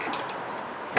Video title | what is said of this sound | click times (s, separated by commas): Replace The Drive Belt 2002-2013 Toyota Camry | and you'll see it pops right in where it belongs. | 1.0 s